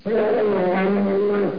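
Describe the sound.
Bear growl: one steady, tonal, droning growl held for about a second and a half, with no other sounds.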